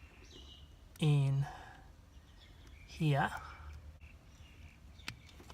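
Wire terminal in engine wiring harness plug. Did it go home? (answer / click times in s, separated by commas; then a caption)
released / 5.1 s. A small release tool is pushed into an engine wiring harness plug to free the wire terminal's lock, while someone talks over steady background noise. A sharp little click at 5.1 s marks the pin lock releasing, so the wire can come out easily.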